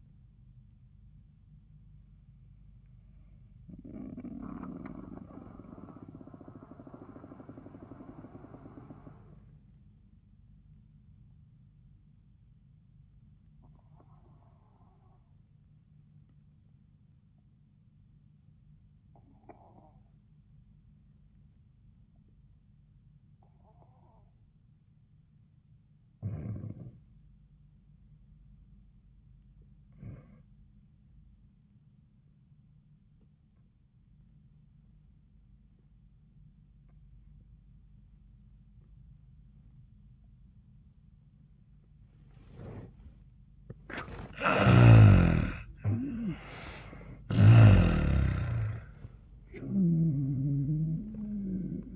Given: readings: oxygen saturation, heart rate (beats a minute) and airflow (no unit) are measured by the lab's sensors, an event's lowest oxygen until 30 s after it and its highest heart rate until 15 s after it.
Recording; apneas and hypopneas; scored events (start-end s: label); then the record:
breathing in sleep by a smartphone at the bedside; 1
7.00-43.70 s: obstructive apnea (N1, oxygen 98% highest, then 80% lowest, heart rate 76 at the start, 88 highest)
8.00-38.00 s: new sleep stage, REM sleep
38.00-51.96 s: new sleep stage, N1 (lightest sleep)
From the record:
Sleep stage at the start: N1 (lightest sleep); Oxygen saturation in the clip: 72 to 98%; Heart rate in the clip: 69 to 96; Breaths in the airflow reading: 4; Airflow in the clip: -22.0 to 9.3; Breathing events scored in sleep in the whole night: 400 in 8.7 hours asleep